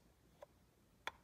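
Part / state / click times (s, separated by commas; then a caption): removable part (likely the shavings drawer) going into a manual pencil sharpener body / seated / 1.1 s. A removable part, likely the plastic shavings drawer, of a Carl Angel-5 manual pencil sharpener is pushed back into the metal-and-plastic body. A faint tick comes at 0.4 s, then a sharp, bright click at 1.1 s as the part clicks into place. It fits snugly so it won't rattle loose.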